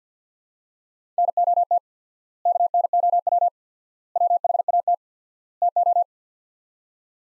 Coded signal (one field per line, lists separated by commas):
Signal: Morse code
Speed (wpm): 47 wpm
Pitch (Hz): 700 Hz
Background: none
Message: NOT KNOW WHAT TO